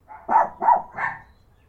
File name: ANIMAL DOGS CHIHUAHUAS BARKING